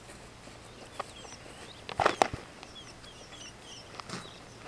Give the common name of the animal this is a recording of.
Superb Starling